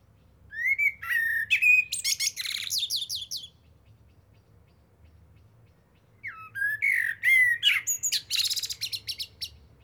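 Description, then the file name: Common blackbird song: two phrases, each a mellow fluted warble followed by a burst of high squeaky twittering, with a quiet pause between them. "Turdus merula"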